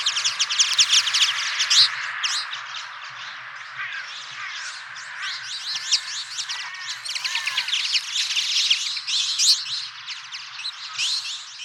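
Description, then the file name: Twite twittering in a busy, overlapping chorus of high chattering notes, with a few lower rising and falling whistled notes midway and a low hum beneath. "vinterhampling"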